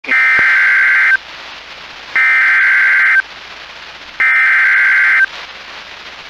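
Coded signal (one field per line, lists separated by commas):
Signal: Emergency Alert System (SAME) tones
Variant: header bursts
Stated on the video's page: Emergency Alert System Severe Thunderstorm Warning, captured live.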